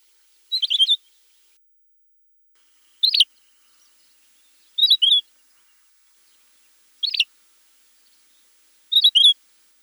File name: schur obyknovennyy golos